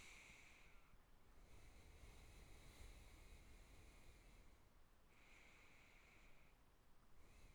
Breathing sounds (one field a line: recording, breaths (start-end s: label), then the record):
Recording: nose breathing near a microphone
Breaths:
0.00-1.30 s: inhalation
1.30-4.92 s: exhalation
4.92-7.01 s: inhalation
7.01-7.55 s: exhalation
From the record:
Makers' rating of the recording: good